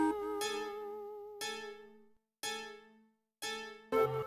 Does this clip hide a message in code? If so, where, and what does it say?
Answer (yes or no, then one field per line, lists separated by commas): no